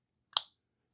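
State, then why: Seated. A pistol's striker assembly, a steel striker with spring and plunger, is pushed up into the back of the slide during reassembly. A single sharp, bright click is heard at 0.4 s, with a faint tick just before it. The click confirms the striker assembly is seated in place.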